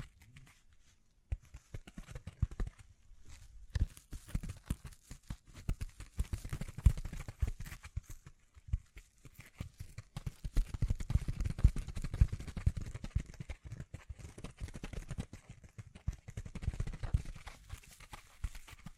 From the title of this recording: Tapping, Scratching, Brushing, Crinkles